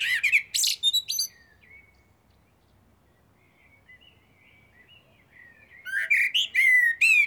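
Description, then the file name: Eurasian blackbird song, the squeaky end of one phrase followed after a quiet gap by a new phrase of low warbled whistles and thin high notes. "Turdus merula"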